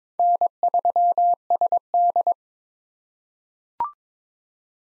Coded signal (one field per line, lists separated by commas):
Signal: Morse code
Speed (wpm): 22 wpm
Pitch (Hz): 700 Hz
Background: none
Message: N3SD